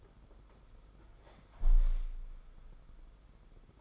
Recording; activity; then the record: daily activity, microphone in the room; close window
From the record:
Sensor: 5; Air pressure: 991.4 hPa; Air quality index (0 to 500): 108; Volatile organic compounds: 24 ppm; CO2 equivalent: 2809 ppm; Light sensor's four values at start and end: 39/126/47/51 and 39/126/47/51